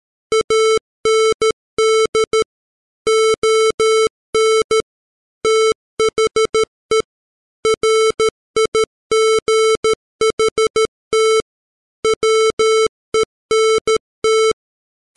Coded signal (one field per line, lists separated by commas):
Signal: Morse code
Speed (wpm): 13 wpm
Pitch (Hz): 440 Hz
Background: music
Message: AND ON THE RIGHT WENT